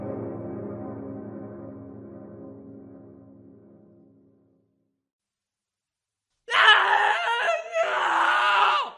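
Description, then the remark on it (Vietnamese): A low, droning groan slowly fades to silence; after a short pause, at about 2 a.m., a man lets out a loud, piercing, high-pitched scream that briefly breaks and then continues strained until the end. “Tiếng hét của bố tôi vang lên vào khoảng 2 giờ đêm.”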